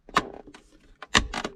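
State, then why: Seated. A plastic cup holder bracket for a 1998 Mercedes-Benz CLK320 is lined up with the tab in the center console and pushed down. It clicks into place at 1.2 s, seating the bracket. Other sharp knocks and rattles are heard around it.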